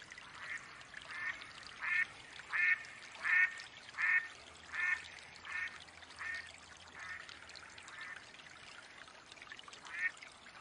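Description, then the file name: Mallard hen quacking: a steady series of about ten nasal quacks, then a quiet gap and one final quack. Female mallard hen quacking. "Mallard duck quacking call sounds Female Hen"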